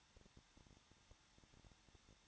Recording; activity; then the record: daily activity, microphone in the room; no activity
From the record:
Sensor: 3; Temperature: 21.2 degrees Celsius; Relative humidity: 36.4%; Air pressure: 1006.4 hPa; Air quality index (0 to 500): 223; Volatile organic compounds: 43 ppm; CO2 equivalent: 3189 ppm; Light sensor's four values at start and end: 2/3/2/2 and 2/3/2/2